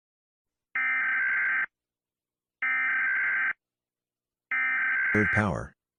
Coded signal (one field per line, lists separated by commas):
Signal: Emergency Alert System (SAME) tones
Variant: header bursts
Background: speech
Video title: EAS Scenario Evil Dead Mandaree